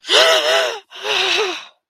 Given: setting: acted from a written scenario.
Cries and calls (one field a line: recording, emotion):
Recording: vocal sound without words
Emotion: fear